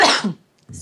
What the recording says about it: Excuse me if you can hear that coughing. I apologize. I'm still recovering. Potential pneumonia, bronchitis, whatever it was.